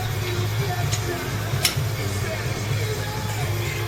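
A click-type torque wrench tightens a crankshaft main bearing cap bolt on a 1987 300ZX engine block mounted on an engine stand while the crank is being laid in, with music playing in the background. A single sharp click at 1.7 s marks the wrench reaching its torque setting, confirming the bolt is torqued.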